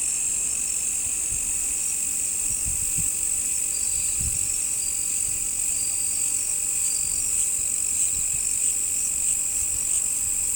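Crickets trilling in a loud steady high chorus, with a few soft low thumps in the background.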